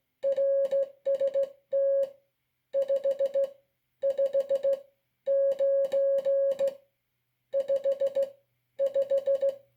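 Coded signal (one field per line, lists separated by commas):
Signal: Morse code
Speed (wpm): 17 wpm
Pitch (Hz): 550 Hz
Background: music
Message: RST 5 5 9 5 5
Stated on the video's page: Sent on a NATO Morse key.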